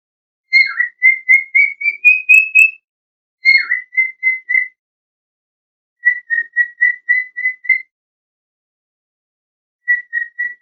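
Bird song in short bursts of rapid, evenly spaced whistled notes; the first two bursts open with a dropping slur, and the first climbs gradually.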